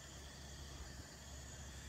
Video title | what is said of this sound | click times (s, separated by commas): 【ナイトライダー】第25話：COOL the KITT 「暑い夏の過ごした方」 | とはまらないですけど片手じゃあねはまったと思ってください | none